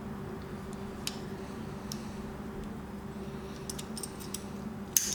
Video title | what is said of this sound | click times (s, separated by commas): steyr m95 bolt assembly and placement back into the rifle. | it's gonna click into place just like that okay you're good to go | 5.0 s